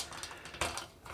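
A bulb end cap (socket holder) is pushed, contacts facing inward, into a hole in the metal light engine plate of an LED shop light. A sharp snap at 0.6 s marks the cap seating in place, with smaller ticks around 0.2 s and 0.8 s. The end cap is seated.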